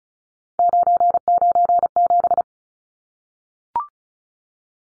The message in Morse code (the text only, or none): 997